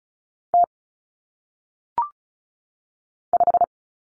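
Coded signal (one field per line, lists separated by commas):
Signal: Morse code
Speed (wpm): 36 wpm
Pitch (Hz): 700 Hz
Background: none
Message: T 5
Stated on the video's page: Common single-digit cut numbers in Morse code at 35 wpm, head-copy drill, each number sent twice.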